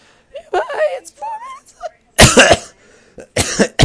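Brief voiced sounds, a gliding hum, then two harsh, noisy cough bursts about a second apart, the second followed by a short rough tail. A plain cough in an adult who has been sick.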